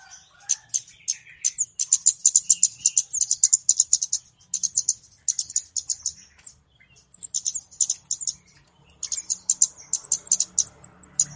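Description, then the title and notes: Flowerpecker chirping: rapid high clicking notes in runs separated by brief gaps, with a faint low hum beneath. Local names kemade and cabe cabean; clear recording used as a lure (pikat). "Kicau Burung Kemade ( Cabe Cabean) Jernih. Suara Burung Cabe Cabean Pikat"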